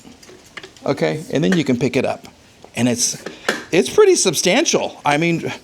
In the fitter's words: This little clip right here comes out and it locks into place just like that.